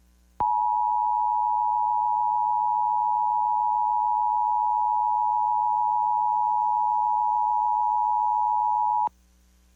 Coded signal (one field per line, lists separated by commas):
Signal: Emergency Alert System (SAME) tones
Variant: 853 and 960 Hz attention tone